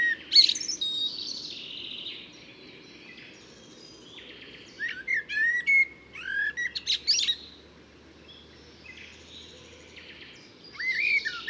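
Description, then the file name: Common blackbird giving high squeaky calls and twittering song phrases in scattered bursts, with quiet gaps and faint low background noise. "Turdus merula"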